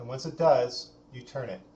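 A twist-lock cable connector for the transducers that go underneath a massage table is handled at its socket on the sound system while someone talks. Nothing has seated or clicked yet; the connector is not yet turned home into its locked position.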